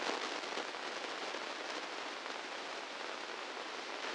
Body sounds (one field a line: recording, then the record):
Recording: brain microelectrode recording played as sound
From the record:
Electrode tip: inside the subthalamic nucleus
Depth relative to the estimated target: 0 mm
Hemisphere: left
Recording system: NeuroSet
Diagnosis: Parkinson's disease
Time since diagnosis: 15 years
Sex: female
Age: 59 years